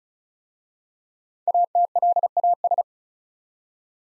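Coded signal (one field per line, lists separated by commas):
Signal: Morse code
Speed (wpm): 36 wpm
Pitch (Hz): 700 Hz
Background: none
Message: ATLAS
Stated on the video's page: Practice set of easy words at 35 wpm, with context hints.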